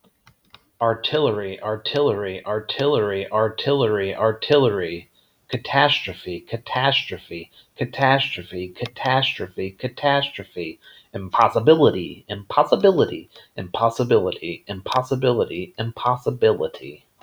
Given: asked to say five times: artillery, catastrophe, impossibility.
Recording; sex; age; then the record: three words, each repeated; male; 30 to 39 years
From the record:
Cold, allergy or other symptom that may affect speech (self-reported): no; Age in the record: 37 years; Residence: North Carolina, United States